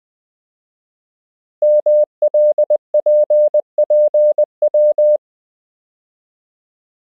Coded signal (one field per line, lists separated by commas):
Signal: Morse code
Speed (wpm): 20 wpm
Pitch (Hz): 600 Hz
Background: none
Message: MLPPW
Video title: Morse Code — Koch Method Lesson 12 (KMRSUAPTLOWI.)